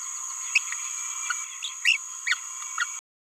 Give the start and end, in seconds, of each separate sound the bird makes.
0.56-0.58, 1.63-1.71, 1.84-1.98, 2.26-2.35